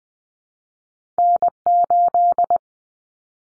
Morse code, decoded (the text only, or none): N8